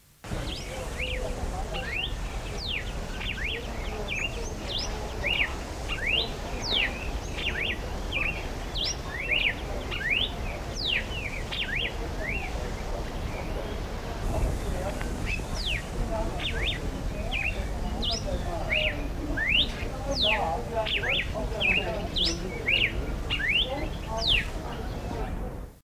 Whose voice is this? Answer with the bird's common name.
Yellow-billed Cardinal